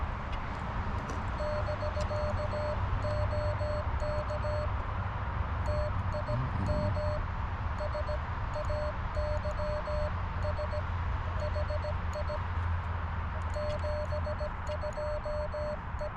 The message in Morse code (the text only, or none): <BK> OK TIM SAYS HI 72 E